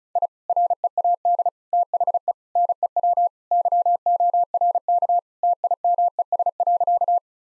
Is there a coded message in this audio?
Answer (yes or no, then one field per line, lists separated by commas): yes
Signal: Morse code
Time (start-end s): 0.2-7.2 s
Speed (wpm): 36 wpm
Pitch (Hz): 700 Hz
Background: none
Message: I READ THE NEW YORK TIMES.